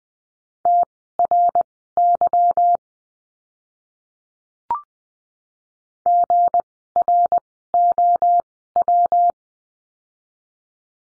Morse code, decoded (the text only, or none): TRY GROW